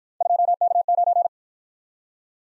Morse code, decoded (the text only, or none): 2K9